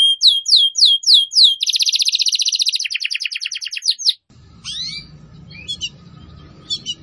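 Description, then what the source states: Atlantic canary song: several clear falling whistled notes, then a dense fast trill slowing into chips, followed by scattered sharp notes over low noise. Canary (kenari) song used to lure birds (pikat burung).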